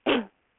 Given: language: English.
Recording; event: throat vibration sensor signal played as sound; cough